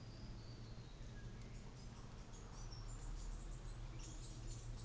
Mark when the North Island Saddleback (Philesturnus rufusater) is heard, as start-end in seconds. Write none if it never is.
none